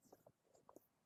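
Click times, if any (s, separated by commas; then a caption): none. A plastic interior trim panel on a Cybertruck is handled and pressed toward its door/dash clips after a phone mount install, giving a few short, soft plastic taps and rubs, the sharpest near 0.7 s. Nothing has seated or clicked into place yet.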